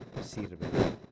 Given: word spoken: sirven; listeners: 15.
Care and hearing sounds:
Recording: one Spanish word in noise, from a listening test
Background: noise modulated by one talker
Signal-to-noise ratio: -10.1 dB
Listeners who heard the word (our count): 1 of 15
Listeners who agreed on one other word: 12 of 15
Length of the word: 0.72 s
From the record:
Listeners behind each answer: 12, 1, 1, 1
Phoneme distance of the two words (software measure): 7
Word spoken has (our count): 2 syllables, 6 phonemes, stress on syllable 1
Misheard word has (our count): 2 syllables, 5 phonemes, stress on syllable 1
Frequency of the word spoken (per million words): 27.70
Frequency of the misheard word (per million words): 60.85

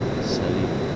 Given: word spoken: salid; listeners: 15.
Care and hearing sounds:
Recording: one Spanish word in noise, from a listening test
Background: speech-shaped noise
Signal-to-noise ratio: -5.0 dB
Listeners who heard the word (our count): 0 of 15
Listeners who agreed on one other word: 10 of 15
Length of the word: 0.56 s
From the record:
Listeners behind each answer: 10, 2, 1, 1, 1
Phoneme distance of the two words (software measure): 10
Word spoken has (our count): 2 syllables, 5 phonemes, stress on syllable 2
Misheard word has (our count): 2 syllables, 5 phonemes, stress on syllable 2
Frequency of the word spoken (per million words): 0.27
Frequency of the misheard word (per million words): 147.13

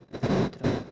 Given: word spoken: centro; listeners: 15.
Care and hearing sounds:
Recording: one Spanish word in noise, from a listening test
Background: noise modulated by one talker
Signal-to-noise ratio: -7.7 dB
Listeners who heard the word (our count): 2 of 15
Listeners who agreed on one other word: 9 of 15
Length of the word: 0.51 s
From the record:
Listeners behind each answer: 9, 2, 1, 1, 1, 1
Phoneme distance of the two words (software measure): 30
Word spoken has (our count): 2 syllables, 6 phonemes, stress on syllable 1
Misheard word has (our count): 2 syllables, 6 phonemes, stress on syllable 1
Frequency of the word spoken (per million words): 297.95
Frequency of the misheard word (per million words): 6.07

